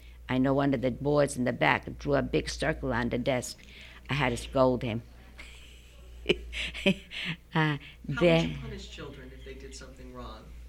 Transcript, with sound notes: I know one of the boys in the back would draw a big circle on the desk. I had to scold him. (she laughs)
How did you punish children if they did something wrong?